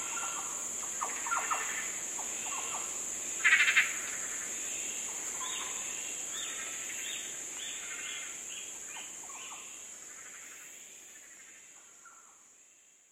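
Yellow oriole giving soft fluty notes in short scattered phrases, with a louder burst early on, over a high insect-like hiss that fades out at the end.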